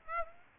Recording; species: mosquito wingbeat signal from an infrared sensor; Aedes aegypti